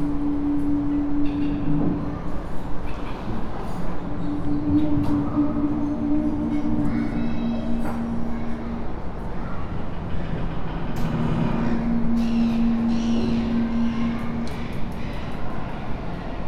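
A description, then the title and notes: A pontoon floating beside the Sydney Opera House, carrying a steady, thick low rumble throughout. A droning hum, like an engine, swells in three stretches: at the start, from about four to eight seconds, and near twelve to fourteen. Occasional sharp knocks and clatters cut through. The eery-strange chaotic sounds made by floating pontoons moving in response to watery energies. In mid-winter this year, I went down to a favourite pontoon that floats alongside the Sydney Opera House at a place named the Man O’War Steps.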